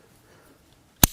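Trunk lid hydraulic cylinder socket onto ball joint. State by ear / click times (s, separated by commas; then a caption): seated / 1.0 s. On a tabletop, the socket end of a trunk lid hydraulic cylinder from an R171 SLK is pressed back onto its ball joint. After a near-silent second, a single sharp, broadband click sounds at 1.0 s and quickly decays. The socket seats onto the ball joint.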